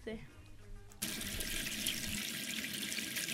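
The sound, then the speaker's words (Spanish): A faucet suddenly opens after a second of low murmuring, releasing a steady, loud rush of running water that hisses evenly to the end. “Una canilla que gotea 46 litros.”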